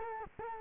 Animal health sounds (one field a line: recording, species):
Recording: mosquito wingbeat signal from an infrared sensor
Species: Culex quinquefasciatus